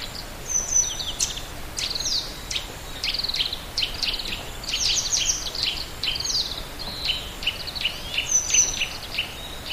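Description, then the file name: Grey wagtail song, a busy run of shrill, clipped notes and short descending slurs, sometimes in rapid bursts, with a high thin whistle at times and steady background hiss. "kisekirei"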